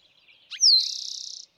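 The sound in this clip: Eastern towhee song heard once: a sharp lead-in note sliding into a whistled slur and then a fast, steady, buzzy trill.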